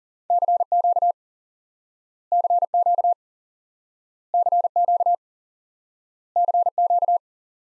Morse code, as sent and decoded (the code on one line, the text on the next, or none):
-.-. --.- / -.-. --.- / -.-. --.- / -.-. --.-
CQ CQ CQ CQ